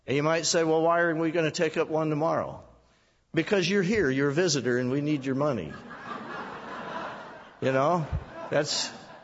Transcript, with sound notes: And you might say, well, why are we going to take up one tomorrow? Because you're here. You're a visitor, and we need your money. (Laughter) You know, that's